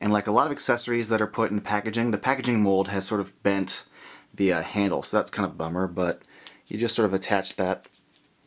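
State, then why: Not seated. Someone talks while handling the plastic umbrella accessory of a Mattel DC Comics Multiverse Penguin action figure, whose handle has been bent by the packaging mold. The handle is being pushed toward the umbrella canopy piece. The clip ends before it goes in, so nothing has seated or clicked yet.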